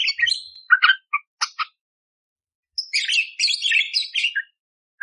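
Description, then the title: Budgerigar song with sharp chirps and clicks, a pause, then a longer rapid chattering warble. Budgerigar training (masteran) recording, one hour long, vigorous (gacor) and clear, full of rough 'tembakan' fill-in phrases, suited for training oriental magpie-robins (kacer). "Masteran Burung Parkit Gacor Jernih Full Isian Tembakan Kasar Cocok Buat Kacer"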